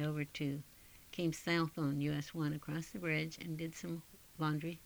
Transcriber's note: none